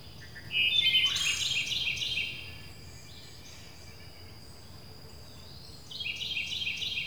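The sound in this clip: Bird twittering in quick repeated chirps, a busy burst early on, a quieter gap, then more rapid chirping at the close over a constant thin tone.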